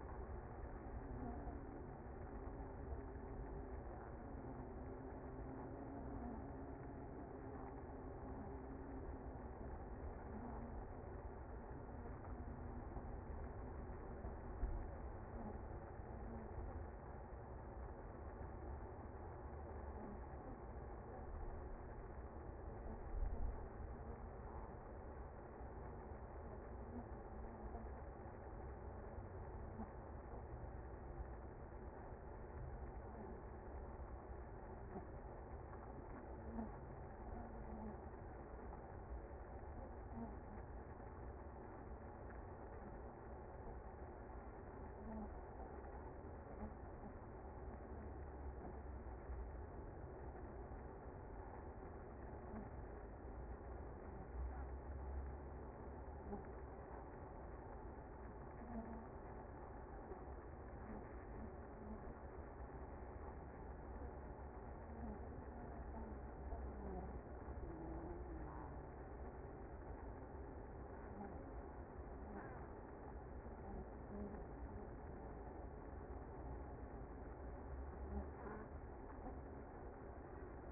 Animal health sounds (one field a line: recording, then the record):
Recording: honeybee colony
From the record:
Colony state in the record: active